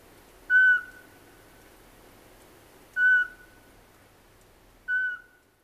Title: Varpuspöllö